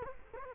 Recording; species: mosquito wingbeat signal from an infrared sensor; Culex quinquefasciatus